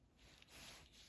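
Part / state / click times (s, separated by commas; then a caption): movable part on a die-cast toy car / not seated / none. A movable part on a Hot Wheels die-cast toy car is pushed up to make it stay up, with faint rubbing and a weak tick at about 0.4 s. The part won't stay up or lock in place, and nothing has clicked or seated yet.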